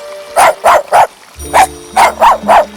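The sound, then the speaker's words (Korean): A puppy barks seven times in quick, high-pitched yaps: three in a row, a short pause, then four more, with a low steady hum underneath the later barks; the puppy is played with by Princess Lily beside a fountain in a garden. “릴리 공주는 분수대 옆에 앉아 하루를 보내며 강아지와 놀면서 마음을 풀었습니다.”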